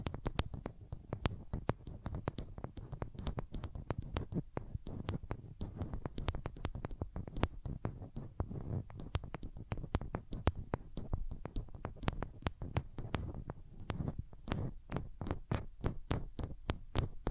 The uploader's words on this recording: ASMR Rubbing Your Ears in My Hands Sensitive, Close Up Triggers (No Talking).